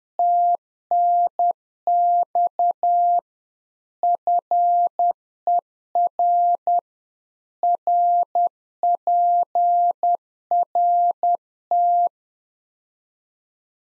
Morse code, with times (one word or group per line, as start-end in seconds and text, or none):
0.2-3.2 TNX
4.0-6.8 FER
7.6-12.1 RPRT